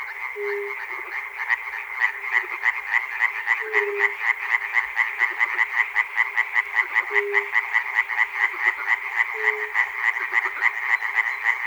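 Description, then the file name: Continuous frog chorus of quick grating croaks in a steady beat, with a lower held note breaking through every few seconds. Frogs recorded at Chernobyl. "peter cusack-chernobyl frogs"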